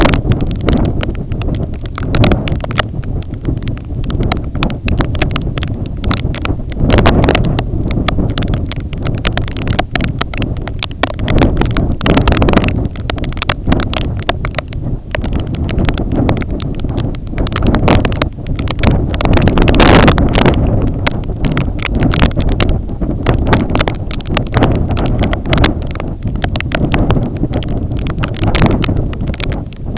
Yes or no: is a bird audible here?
no